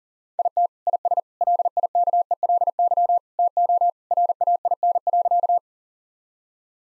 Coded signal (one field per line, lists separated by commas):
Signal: Morse code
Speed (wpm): 40 wpm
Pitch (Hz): 700 Hz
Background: none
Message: IT IS LIKELY TO RAIN.